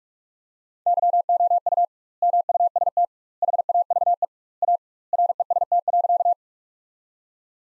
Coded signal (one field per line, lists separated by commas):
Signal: Morse code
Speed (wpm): 46 wpm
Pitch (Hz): 700 Hz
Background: none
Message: YOU MUST HAVE A REST.